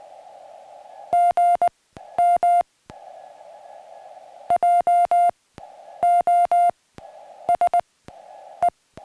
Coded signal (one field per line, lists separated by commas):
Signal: Morse code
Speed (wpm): 20 wpm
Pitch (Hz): 700 Hz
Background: music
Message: GM JOSE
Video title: Why my SOTA antenna is a linked dipole